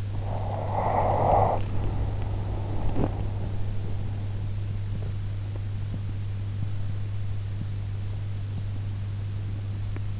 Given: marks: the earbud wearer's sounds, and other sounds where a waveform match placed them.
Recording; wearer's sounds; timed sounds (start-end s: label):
sounds in sleep by an in-ear microphone; breath, teeth grinding
0.00-4.52 s: breath
2.79-3.34 s: teeth grinding
9.79-10.20 s: teeth grinding